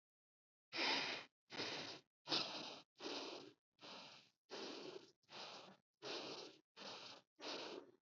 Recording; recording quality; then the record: shallow breathing; excellent, no background noise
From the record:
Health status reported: healthy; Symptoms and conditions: fever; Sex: male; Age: 40 years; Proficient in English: yes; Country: India